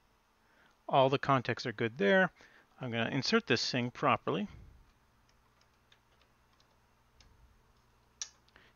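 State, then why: Seated. A new plastic ink cartridge with a fresh chip is pressed into a printer carriage while someone talks. After a few faint ticks, a sharp snap at 8.2 seconds shows the cartridge hooking in and seating.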